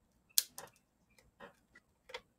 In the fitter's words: i heard it i heard a click yeah